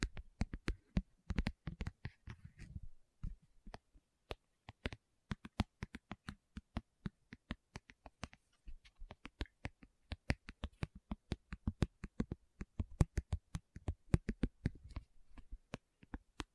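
Tapping with no talking: sharp, crisp taps land in irregular bursts throughout, sometimes in quick runs, sometimes spaced out. In the first few seconds, softer, lower rubbing and shuffling blends with the taps. After that the taps stand alone against near silence.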